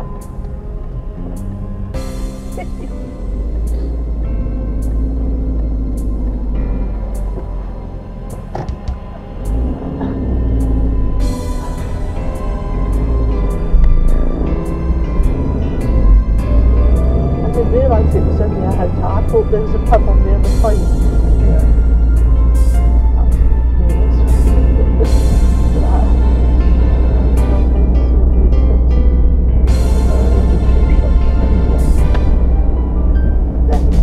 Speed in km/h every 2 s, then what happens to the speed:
6, 3, 3, 3, 0, 0, 8, 16, 24, 27, 29, 31, 31, 31, 31, 32, 31.
0-7 slows to 0. 7-11 standing. 11-17 pulls away to 27. 17-34 steady at about 31.